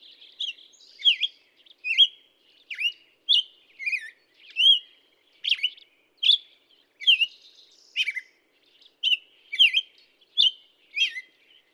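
Black-headed Grosbeak song: an extended run of liquid whistled notes, rising and falling in quick succession.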